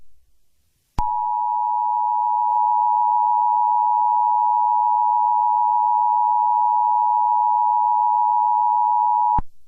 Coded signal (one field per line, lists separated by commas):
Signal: Emergency Alert System (SAME) tones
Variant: 853 and 960 Hz attention tone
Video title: EAS Scenario #8: The CSX Hijacking